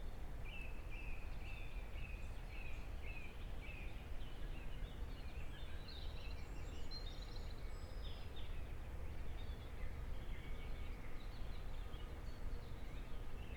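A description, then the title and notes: An alpine morning outdoors, with a steady low rumble like wind or traffic underneath throughout. Small birds call over it: a quick repeated chirping early on, then a scatter of higher, thinner calls from several birds. Binaural recording of a wild morning in the Alps near Evian, France. Recorded on Friday, 14th May 2021.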